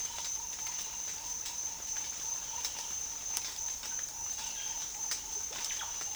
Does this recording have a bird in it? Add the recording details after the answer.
no. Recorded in dense forest near Puerto Asís, Putumayo, Colombia, on 8 March 2025 at 07:00. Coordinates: 0.503, -76.323. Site GP09